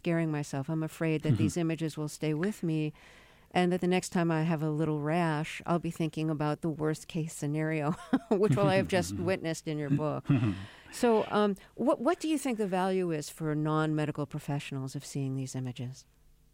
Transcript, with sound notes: I'm afraid that these images will stay with me and that the next time I have a little rash, I'll be thinking about the worst-case scenario (laughter) which - well, I have just witnessed in your book. So what do you think the value is for non-medical professionals of seeing these images?